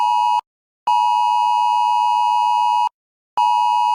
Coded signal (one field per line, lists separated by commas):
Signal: Emergency Alert System (SAME) tones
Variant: 853 and 960 Hz attention tone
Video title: TBS Now (English Audio) - EAS Test (September 11, 2025)